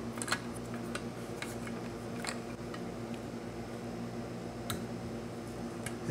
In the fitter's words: got a nice click to it